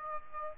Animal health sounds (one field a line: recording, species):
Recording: mosquito wingbeat signal from an infrared sensor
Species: Aedes aegypti